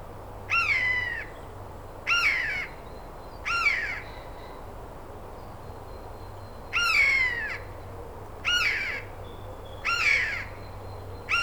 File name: Garrulus glandarius